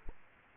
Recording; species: mosquito wingbeat signal from an infrared sensor; Aedes aegypti